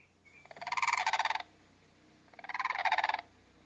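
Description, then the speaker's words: Blue crane giving loud, rattling guttural calls, two pulsed bursts each about a second long, separated by a short pause. Noisy call, especially in flocks; both sexes utter this loud, guttural, bugle-like call. "That was the call of the blue crane. As you could hear, they actually make quite a noisy call, especially in flocks."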